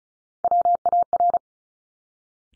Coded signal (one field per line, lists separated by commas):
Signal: Morse code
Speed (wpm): 36 wpm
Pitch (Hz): 700 Hz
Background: none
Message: WAR